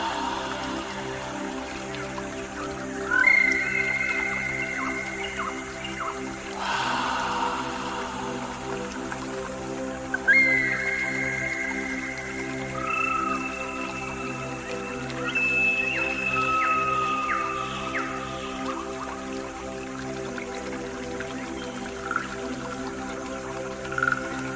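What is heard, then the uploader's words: Pan flute melodies play over a steady bed of natural water sounds. Bright, gliding flute phrases enter around three seconds and again from ten to nineteen seconds, with a brief splash near seven seconds. A low, constant hum and scattered drips continue throughout. Immerse yourself in the soothing embrace of natural water sounds combined with the enchanting melodies of the pan flute.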